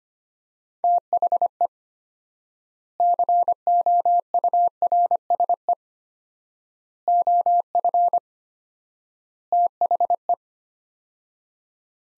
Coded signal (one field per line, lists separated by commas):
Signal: Morse code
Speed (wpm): 25 wpm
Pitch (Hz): 700 Hz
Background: none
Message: THE COURSE OF THE